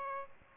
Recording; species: mosquito wingbeat signal from an infrared sensor; Aedes aegypti